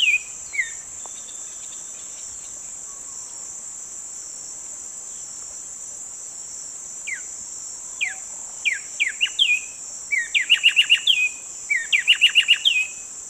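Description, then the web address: Black-striped sparrow song: spaced, downslurred whistled notes that speed up into quick bouncing bursts of chips, over a steady high insect drone. South America, eastern lowlands. "Nature Songs S America Eastern Lowlands. Arremonops conirostris, song"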